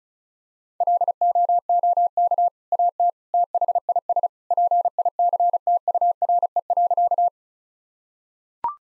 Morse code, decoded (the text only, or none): LOOK AT THIS PICTURE.